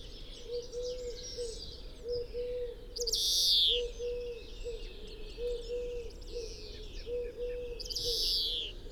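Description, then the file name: European greenfinch calls as two loud, harsh, downslurred buzzy notes about five seconds apart, over an intermittent low mechanical hum and faint background twittering. "Chloris chloris"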